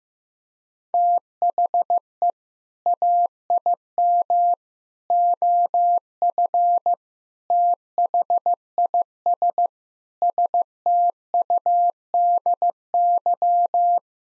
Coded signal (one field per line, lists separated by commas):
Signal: Morse code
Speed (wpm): 15 wpm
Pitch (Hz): 700 Hz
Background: none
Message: THE AIM OF THIS STUDY